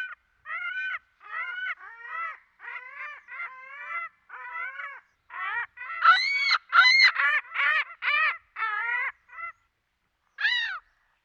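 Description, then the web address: Ring-billed gull calling: a long series of yelping, harmonic notes, growing louder and sharper midway, then a pause and one final cry. "Dan Gibson Wildlife Identification By Sound, Eastern North America Pt 2. Ring-Billed Gull"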